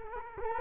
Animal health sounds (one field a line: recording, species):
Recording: mosquito wingbeat signal from an infrared sensor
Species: Culex quinquefasciatus